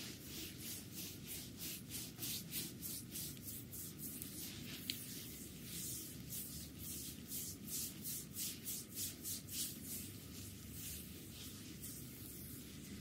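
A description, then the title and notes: Hands rub steadily over skin during an abdominal massage, each stroke a soft hiss that repeats about twice a second without pause. A constant low, muffled rumble sits underneath, and the rhythm grows a little fuller and more even in the second half. ASMR Visceral Abdominal Massage.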